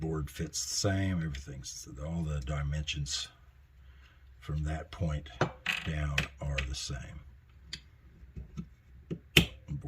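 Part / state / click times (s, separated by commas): chassis component into lightsaber chassis / seated / 9.4 s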